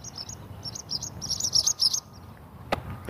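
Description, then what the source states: Swallows giving quick high chirps in busy clusters for about two seconds, then stopping, with a faint low hum underneath. Barn or tree swallows, speaker unsure which, swooping around the recordist's head for a few minutes in the morning, picking off bugs.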